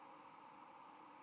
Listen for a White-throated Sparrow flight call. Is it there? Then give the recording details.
no. Another species' flight call is heard. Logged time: 06:32 on 13 November 2014